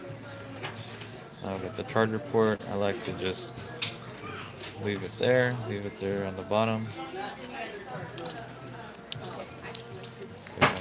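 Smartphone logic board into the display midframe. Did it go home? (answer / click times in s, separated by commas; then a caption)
yes / 9.1 s, 9.8 s. Someone talks while a Note 5's main logic board is lined up and pressed into the midframe of its replacement LCD assembly, with soft handling taps and rustles. The board snaps into place with sharp clicks at 9.1 s and 9.8 s and is seated in the frame.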